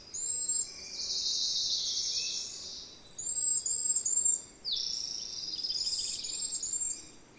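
Birdsong with high, bright twittering and sustained trilled phrases, broken by brief gaps; a steady soft hiss runs underneath.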